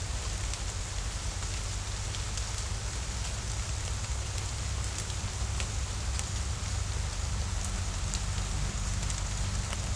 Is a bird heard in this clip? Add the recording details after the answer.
no. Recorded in pastures near Puerto Asís, Putumayo, Colombia, on 16 December 2024 at 17:00. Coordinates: 0.472, -76.329. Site G072